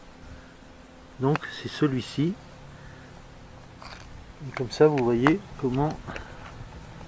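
Someone talks while handling a small keyed plastic piece, chosen because its keying matches, to press onto the front left door lock mechanism of a 1989 Renault Super 5. Two bursts of speech sit over a faint steady hum. Nothing has seated or clicked yet; the part is not yet home when the clip ends.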